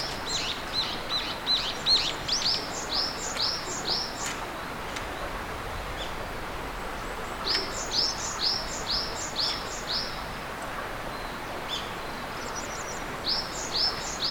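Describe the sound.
Bird calls, quick bright chirps given in fast runs of several notes, with pauses of a few seconds between bursts, over a low steady background hiss.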